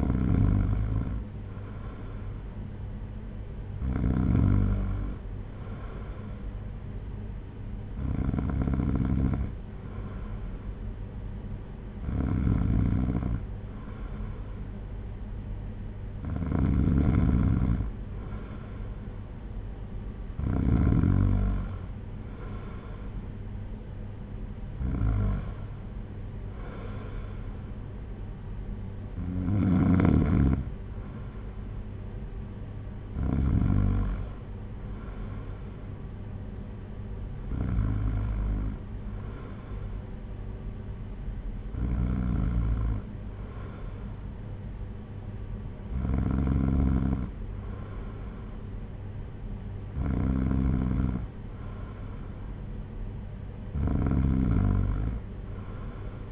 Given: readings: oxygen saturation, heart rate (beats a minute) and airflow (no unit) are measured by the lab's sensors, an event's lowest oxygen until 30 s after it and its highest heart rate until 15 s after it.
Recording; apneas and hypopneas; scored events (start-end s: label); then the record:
breathing in sleep by a smartphone at the bedside; none
24.00-56.32 s: new sleep stage, N2 (light sleep)
From the record:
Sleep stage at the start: N1 (lightest sleep); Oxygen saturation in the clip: 93 to 94%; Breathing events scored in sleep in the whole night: 226 in 8.8 hours asleep